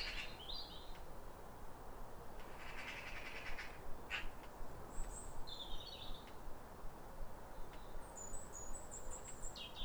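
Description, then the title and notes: European robin song: scattered high, thin trilled phrases, some sliding, separated by pauses, over low continuous background noise. Pair of robins singing from neighbouring gardens at a clear, calm, rosy New Year sunrise in winter after weeks of rain, exchanging phrases like a duet. "Sound Escape 150: Be uplifted by a chorus of New Year's robins. A pair of robins in neighbouring gardens welcome the early sun with wistful phrases as if chatting over the fence. BBC Countryfile Magazine. Recorded by Fergus Collins"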